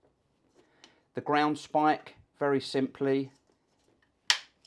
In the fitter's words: you hear the click you know that's in position correctly